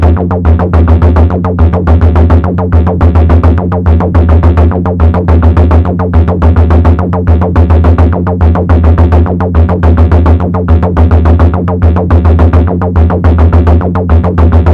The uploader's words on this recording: The transmissions are a mix of environmental sounds and these hard blips.